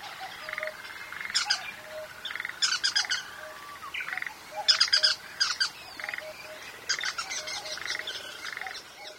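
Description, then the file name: Bull-headed shrike giving harsh, rasping chattering bursts in quick clusters, with short pauses between groups and softer tonal notes in the gaps. "mozu"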